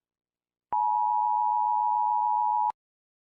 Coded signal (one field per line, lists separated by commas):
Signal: Emergency Alert System (SAME) tones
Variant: 853 and 960 Hz attention tone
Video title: EAS Scenario 1: Hazbin Hotel Horror Mayhem!!! (Read Description